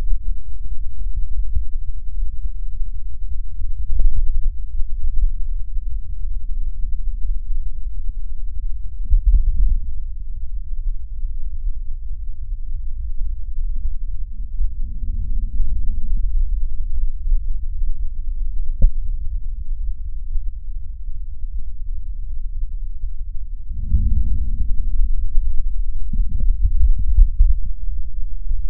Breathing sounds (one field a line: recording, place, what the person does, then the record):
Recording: lung sounds by stethoscope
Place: left posterior basal chest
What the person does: quiet breathing, then deep breathing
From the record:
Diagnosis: none (healthy)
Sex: male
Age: 35 years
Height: 186 cm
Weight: 108 kg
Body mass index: 31.2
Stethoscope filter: bell mode